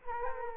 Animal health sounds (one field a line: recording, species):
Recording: mosquito wingbeat signal from an infrared sensor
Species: Culex quinquefasciatus